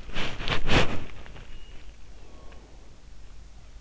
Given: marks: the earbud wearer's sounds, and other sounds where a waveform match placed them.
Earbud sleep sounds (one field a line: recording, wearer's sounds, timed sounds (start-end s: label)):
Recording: sounds in sleep by an in-ear microphone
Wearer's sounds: body movement, breath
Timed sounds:
0.00-2.08 s: body movement
2.08-3.04 s: breath